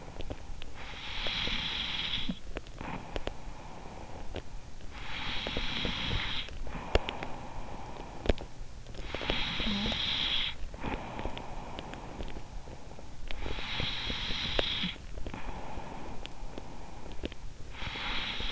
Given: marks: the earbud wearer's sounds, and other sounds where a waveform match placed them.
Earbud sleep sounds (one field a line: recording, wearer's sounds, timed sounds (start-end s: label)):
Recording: sounds in sleep by an in-ear microphone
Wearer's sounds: breath, teeth grinding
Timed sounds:
0.00-18.52 s: breath
6.57-7.41 s: teeth grinding
8.03-8.67 s: teeth grinding